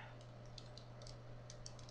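Two plastic pieces of a Final Form Fury FFR-09 transforming toy figure are lined up by hand before being pushed together. Faint, brief handling ticks sound over a steady low hum. Nothing has seated or clicked yet.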